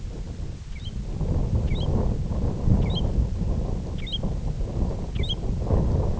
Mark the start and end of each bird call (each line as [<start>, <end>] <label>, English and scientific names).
[0.00, 5.51] American Golden-plover (Pluvialis dominica)